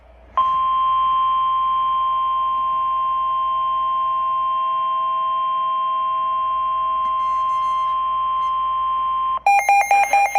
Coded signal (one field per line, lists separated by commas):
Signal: Emergency Alert System (SAME) tones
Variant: 1050 Hz attention tone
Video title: EAS Severe Thunderstorm Warning For Western & Central Arkansas, My First One Since Moving, 8-16-2024